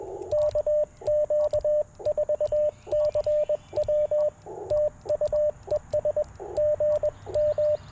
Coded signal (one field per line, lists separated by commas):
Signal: Morse code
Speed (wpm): 21 wpm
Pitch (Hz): 590 Hz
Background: radio noise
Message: KQ4CW TU ES GM